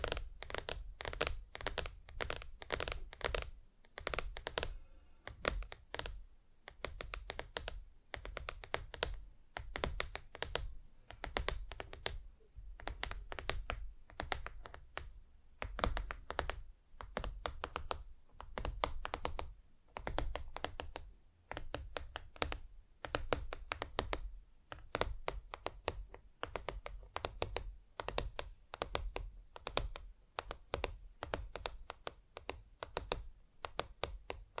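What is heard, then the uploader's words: Fingers tap on hard surfaces in quick, dense bursts, the hits running together like fast typing with brief pauses between runs. Each tap is a sharp click with a dull knock underneath, keeping a busy, uneven rhythm for the whole stretch. No voices are heard. ASMR Just Tapping (Different Surfaces No Talking).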